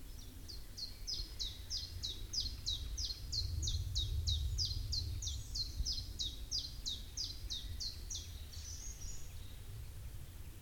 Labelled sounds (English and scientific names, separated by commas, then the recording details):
Common Chiffchaff (Phylloscopus collybita)
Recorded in the wild
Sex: male
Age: adult
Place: Grasehorst, Berlin, DE
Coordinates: 54.13, 10.16
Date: 1989-04-30 10:30
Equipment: Uher 4400 Report Monitor, Sennheiser ME 80, K 30 AV
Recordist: Fischer, Stefan